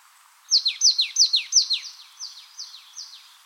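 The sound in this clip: Marsh tit, a rapid series of about a dozen descending notes, loud at first and fading toward the end.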